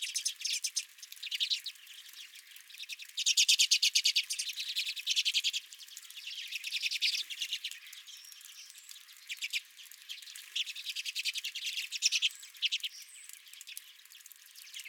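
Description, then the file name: Redpoll calls, long trains of rapid dry chips from a flock, with louder buzzy bursts coming and going. Several redpolls at the recordist's feeder. "Redpolls at My Feeder"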